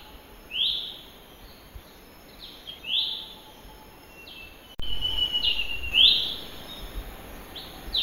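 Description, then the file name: Lesser green leafbird calls: sharp, high upslurred notes, given singly at intervals over background hiss. Calls, recorded in the wild; Indonesian name cucak hijau mini. "suara panggilan cucak hijau mini di alam liar. omkicau"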